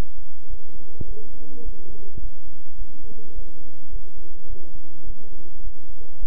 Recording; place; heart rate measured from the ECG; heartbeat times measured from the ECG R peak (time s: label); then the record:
heart sounds by stethoscope; between the tricuspid and mitral areas; 105 bpm
0.48 s: heartbeat
1.06 s: heartbeat
1.63 s: heartbeat
2.20 s: heartbeat
2.76 s: heartbeat
3.33 s: heartbeat
3.90 s: heartbeat
4.47 s: heartbeat
5.05 s: heartbeat
5.62 s: heartbeat
6.19 s: heartbeat
From the record:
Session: bicycle stress test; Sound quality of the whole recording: good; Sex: male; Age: 26 years